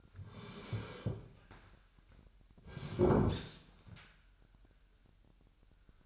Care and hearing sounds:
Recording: daily activity, microphone in the room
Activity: sit down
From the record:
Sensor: 2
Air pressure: 998.4 hPa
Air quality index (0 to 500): 129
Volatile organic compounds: 3 ppm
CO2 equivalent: 1460 ppm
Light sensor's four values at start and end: 7/17/7/8 and 8/20/8/9

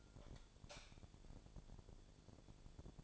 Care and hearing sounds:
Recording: daily activity, microphone in the room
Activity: light on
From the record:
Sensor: 5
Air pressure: 1000.2 hPa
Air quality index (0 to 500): 103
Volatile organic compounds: 1 ppm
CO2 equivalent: 834 ppm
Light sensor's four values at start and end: 211/499/214/236 and 211/499/214/236

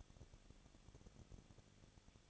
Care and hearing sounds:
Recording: daily activity, microphone in the room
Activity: no activity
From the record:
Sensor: 4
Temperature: 23.0 degrees Celsius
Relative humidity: 34.2%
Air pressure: 1007.4 hPa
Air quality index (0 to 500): 212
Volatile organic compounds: 14 ppm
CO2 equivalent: 2437 ppm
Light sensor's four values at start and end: 2/3/1/1 and 2/3/1/1

